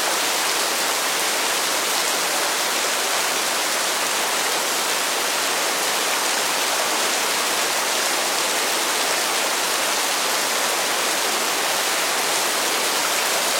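Steady white-noise rain, a dense, unbroken hiss that stays level from start to finish. The sound sits bright and airy with little low rumble, and no separate drops, thunder or other events stand out from the constant wash.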